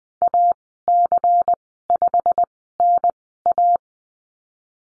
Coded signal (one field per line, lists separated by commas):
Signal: Morse code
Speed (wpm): 19 wpm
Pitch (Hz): 700 Hz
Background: none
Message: AC5NA